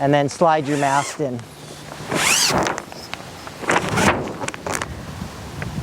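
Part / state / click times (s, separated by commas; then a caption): windsurf mast into sail head cap / seated / 4.5 s. Someone talks, then a windsurf mast is slid up through the sail's luff sleeve with a long sliding, rustling swish. It bottoms out in the sail's head cap with a thud at 4.5 seconds, seating fully.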